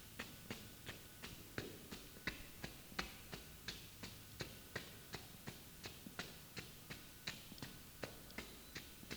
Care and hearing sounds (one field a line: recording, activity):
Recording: daily activity, guitar pickup as the sensor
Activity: run